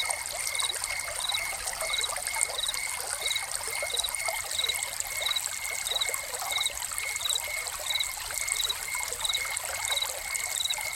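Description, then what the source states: Steady cricket chirps, short and high, repeated regularly, set against continuous splashing water from a fountain. Crickets recorded together with a fountain.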